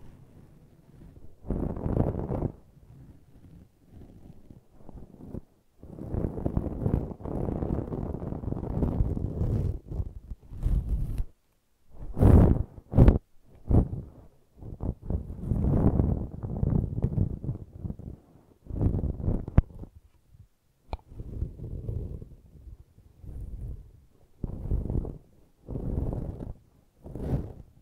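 Brushing and scratching sounds come in repeated bursts, each lasting a second or two with short silent gaps between. The strokes are mostly low and dense, with a few sharp bright scrapes around twelve and thirteen seconds.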